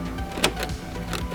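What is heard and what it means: A plastic dash trim plate around a newly installed Atoto 7-inch double-DIN head unit is pressed back into the dashboard of a 1998 first-generation Toyota Tacoma camper. A sharp, bright snap at 0.4 s marks the plate seating into place, followed by a fainter tick near 1.2 s over a steady low hum. The trim plate is seated.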